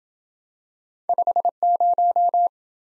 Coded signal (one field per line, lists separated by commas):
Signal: Morse code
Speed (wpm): 28 wpm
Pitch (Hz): 700 Hz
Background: none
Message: 50